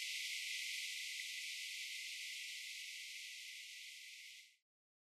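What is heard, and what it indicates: Simulated atonal tinnitus: a steady, toneless hiss confined to high frequencies, from about 2 kHz up to 16 kHz. It holds for about four and a half seconds, dropping slowly in loudness, then cuts off. This is the kind of noise a person with tinnitus may hear in their head.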